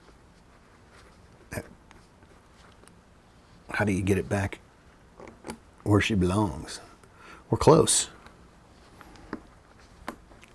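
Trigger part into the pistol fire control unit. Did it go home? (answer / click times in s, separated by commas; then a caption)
yes / 10.1 s. A trigger component is worked back into a Sig P320 pistol's steel fire control unit during a GrayGuns trigger upgrade, with small metallic taps and fumbling sounds while someone talks. A sharp metallic click at 10.1 s marks the trigger part seating in the fire control unit.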